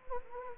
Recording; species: mosquito wingbeat signal from an infrared sensor; Anopheles gambiae